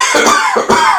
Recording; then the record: coughing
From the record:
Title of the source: Spring Cold Coughing 2